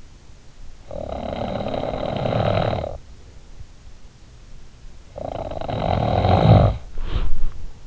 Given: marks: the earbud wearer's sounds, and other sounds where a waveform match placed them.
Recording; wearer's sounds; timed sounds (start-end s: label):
sounds in sleep by an in-ear microphone; snoring breath, body movement
0.65-3.63 s: snoring breath
4.71-6.94 s: snoring breath
6.71-7.87 s: body movement